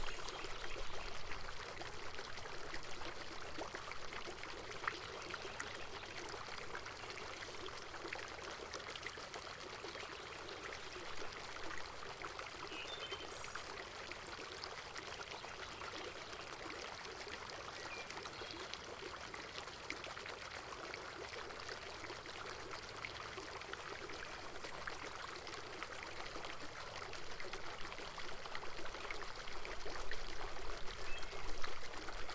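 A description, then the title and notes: A fountain splashes and trickles without pause, its falling water making a dense, bright hiss that holds steady for the whole stretch. The sound is close and even, with little low rumble beneath it and only small ripples in loudness. In the heart of the garden, an elegant fountain takes center stage. The water dances gracefully, cascading with a gentle murmur that resonates through the air.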